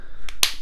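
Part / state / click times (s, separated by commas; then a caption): plastic doll accessory part pressed into its mating part / seated / 0.4 s. A plastic doll accessory part is pressed by hand into its mating plastic part. A faint tick at 0.3 s is followed by a sharp, bright click at 0.4 s as the piece seats firmly, clicking in nicely and staying hard to pull apart again.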